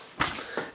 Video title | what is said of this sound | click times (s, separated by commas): [Review] AMD A10-7860K | after you hear it click, it's almost secure. | 0.2 s